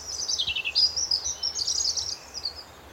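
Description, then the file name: European robin delivering a quick, continuous stream of very high, tinkling notes and trills for nearly three seconds against faint background noise. "Erithacus rubecula"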